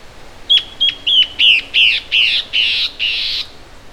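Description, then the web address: Bird calling in a run of eight notes about three per second, sharp and clear at first, then thickening into harsh rasping bursts. "BIRD SABIOD bird"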